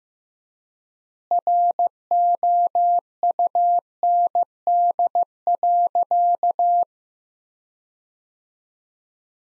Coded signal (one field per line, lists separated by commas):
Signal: Morse code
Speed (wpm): 14 wpm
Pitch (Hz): 700 Hz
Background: none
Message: ROUND.